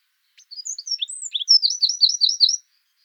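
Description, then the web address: Eurasian wren singing a quick burst of high, sharp notes that swells into rapid repeated twittering phrases, about two seconds long against silence. "songs troglodytes troglodytes call"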